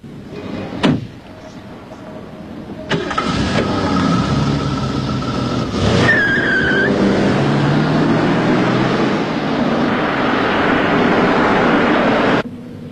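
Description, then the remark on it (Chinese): A car door thumps shut, then an engine starts and revs with a rising whine, building into a loud, steady roar as a Jaguar sports car pulls away and drives off. “先生，我一直想开开这种车，行吗？”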